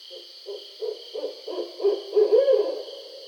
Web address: Barred Owl 2012 07 20 Barred Owl 01